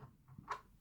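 A replacement cylindrical HEPA filter is dropped back into the base of an air purifier and settles into its seat. There is one short knock at 0.5 s, and the filter sits firmly in place.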